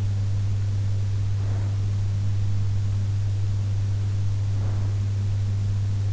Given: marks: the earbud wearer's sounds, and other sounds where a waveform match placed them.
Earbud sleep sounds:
sounds in sleep by an in-ear microphone; breath
0.81-2.81 s: breath
4.12-5.92 s: breath

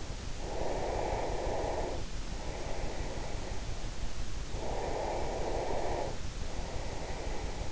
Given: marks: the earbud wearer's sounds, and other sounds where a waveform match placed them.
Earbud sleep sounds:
sounds in sleep by an in-ear microphone; breath
0.36-3.95 s: breath
4.39-7.72 s: breath

